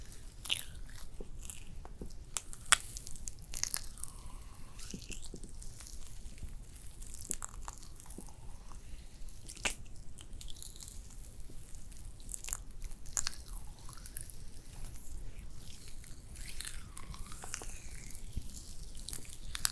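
Layered spa facial sounds: soft crackling, tapping and crinkling textures with brief swishing sweeps, dense and irregular over a low steady hush.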